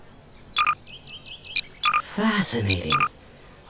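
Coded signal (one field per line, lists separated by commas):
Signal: none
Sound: frog croaking sounds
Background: speech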